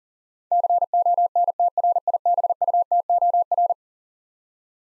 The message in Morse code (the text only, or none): CONTRIBUTOR